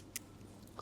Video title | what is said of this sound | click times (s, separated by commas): Xiaomi 17 Ultra Photography Kit Pro Unboxing! | Lock into place. | 0.2 s